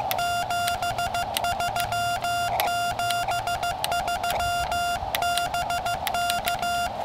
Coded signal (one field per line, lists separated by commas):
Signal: Morse code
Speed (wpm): 15 wpm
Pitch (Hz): 1400 Hz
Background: none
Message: 7373BK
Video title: HAM Radio in the RAIN! QRP POTA Activation at Rocky Arbor State Park